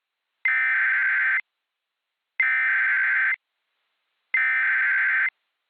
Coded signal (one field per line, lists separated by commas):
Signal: Emergency Alert System (SAME) tones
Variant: header bursts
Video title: EAS Recreation (06/04/19): Waukesha County Traffic Alert